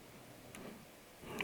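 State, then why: Not seated. A wobbly plastic brick element of a castle model is pressed into place to remove its wiggle room, with faint taps at about 0.6 s and a sharper tick at 1.4 s. The piece has not clicked or seated yet.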